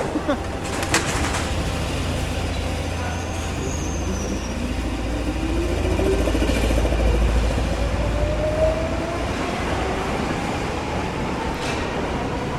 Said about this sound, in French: Et le bruit, le son du métro. Le son du métro m'intéresse pas spécialement, ça m'intéresse comme figuration du métro. C'est-à-dire, ce qui m'intéresse dans le son du métro, c'est que ça représente vraiment le métro.